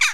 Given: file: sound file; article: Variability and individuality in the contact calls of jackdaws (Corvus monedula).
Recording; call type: jackdaw call; harmonic